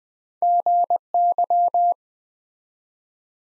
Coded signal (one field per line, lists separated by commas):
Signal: Morse code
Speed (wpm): 20 wpm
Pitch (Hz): 700 Hz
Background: none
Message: GY